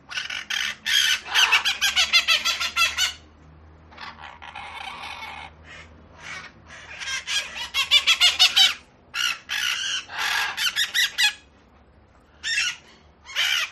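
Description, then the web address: Parrots screeching in a noisy group, with dense bursts of harsh rapid squawks overlapping for several seconds, then brief pauses before the chatter starts again. A group of parrots making noise in a cage on the street. "grupo de loros haciendo ruido en una jaula en la calle"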